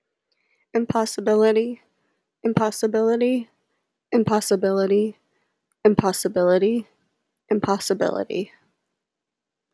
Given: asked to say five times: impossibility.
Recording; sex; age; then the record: repeated word; female; 20 to 29 years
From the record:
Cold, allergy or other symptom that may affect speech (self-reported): no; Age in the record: 27 years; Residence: Connecticut, United States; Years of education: 17